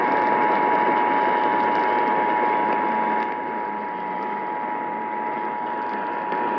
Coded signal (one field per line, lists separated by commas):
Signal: Emergency Alert System (SAME) tones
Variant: 853 and 960 Hz attention tone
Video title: (Found Safe) EAS 197- San Diego CAE originating from Mexico and issued by FBI